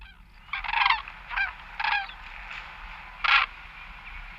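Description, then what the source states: Common Crane trumpeting: loud, harsh, rolling bugled calls in four bursts over about three seconds, with a faint softer note between them. The crane's whole song is called trumpeting.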